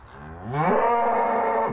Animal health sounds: contact call of a hoofed animal; cattle; low-frequency (closed-mouth) or high-frequency (open-mouth) call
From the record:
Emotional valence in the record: negative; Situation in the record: full separation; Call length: 1.73 s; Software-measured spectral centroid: 1030 Hz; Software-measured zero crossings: 1470 a second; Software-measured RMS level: -23 dBFS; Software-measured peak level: -9 dBFS

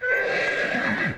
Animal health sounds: contact call of a hoofed animal; horse; whinny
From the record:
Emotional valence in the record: negative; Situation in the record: group separation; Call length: 1.18 s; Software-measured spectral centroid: 1880 Hz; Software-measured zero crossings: 2960 a second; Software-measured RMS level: -24 dBFS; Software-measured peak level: -12 dBFS

